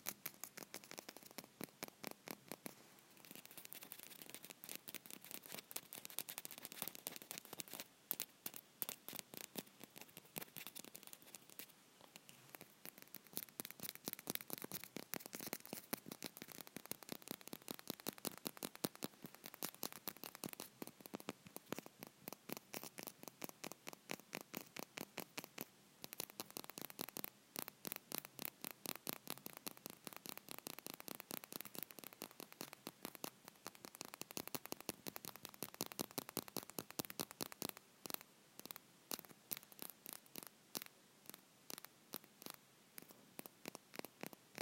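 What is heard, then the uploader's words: Long natural nails tap against each other in quick, crisp, bright clicks. The tapping runs almost nonstop for the whole stretch, sometimes in rapid flurries, with brief lulls around the twelve- and thirty-seven-second marks before it picks up again. Natural nail tapping ASMR. Nail-on-nail tapping with my long natural nails.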